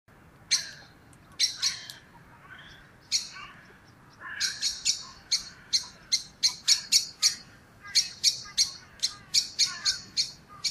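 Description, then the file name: Common blackbird calls: sharp, high, clicking notes in scattered bursts, then a quick, steady series of chinks, over faint background hiss. "Turdus merula"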